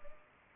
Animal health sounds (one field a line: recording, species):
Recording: mosquito wingbeat signal from an infrared sensor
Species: Culex pipiens